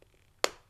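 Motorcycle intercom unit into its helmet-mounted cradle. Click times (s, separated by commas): 0.4 s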